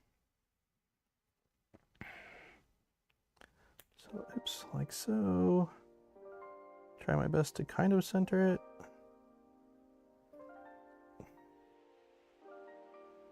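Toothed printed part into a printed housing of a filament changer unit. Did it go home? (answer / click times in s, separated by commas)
no / none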